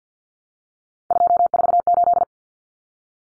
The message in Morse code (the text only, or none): 248